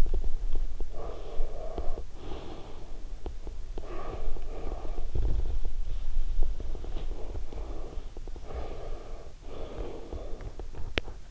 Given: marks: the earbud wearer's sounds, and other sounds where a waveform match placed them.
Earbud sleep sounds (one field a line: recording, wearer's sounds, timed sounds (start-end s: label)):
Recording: sounds in sleep by an in-ear microphone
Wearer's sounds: teeth grinding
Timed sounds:
0.00-11.31 s: teeth grinding